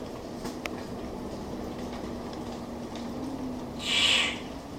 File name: Ptiloris Victoriae